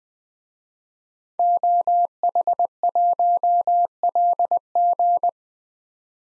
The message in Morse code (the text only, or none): OH1LG